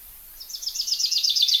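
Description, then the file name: Common chaffinch song: a fast trill of repeated high notes, each dropping slightly in pitch, growing louder over about a second, with faint background hiss. "Fringilla coelebs"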